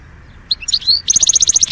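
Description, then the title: European goldfinch twittering: a few sharp high notes, then a fast even run of tinkling chips. "Chant Chardonneret"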